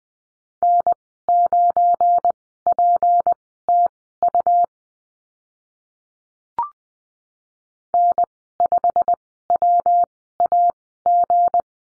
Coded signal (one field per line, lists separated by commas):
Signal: Morse code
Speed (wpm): 20 wpm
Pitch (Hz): 700 Hz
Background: none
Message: N9PTU N5WAG